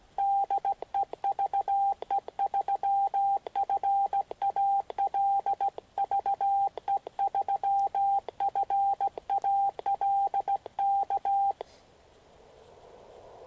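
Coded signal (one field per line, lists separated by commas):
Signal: Morse code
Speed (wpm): 17 wpm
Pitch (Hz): 790 Hz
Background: radio noise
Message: DE VE3FAL VE3FAL K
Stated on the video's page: Winter Field Day 2016 operation.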